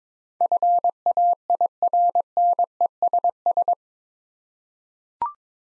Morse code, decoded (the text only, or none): FAIRNESS